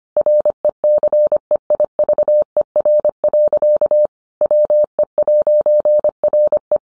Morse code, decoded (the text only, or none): RECEIVER. WE'RE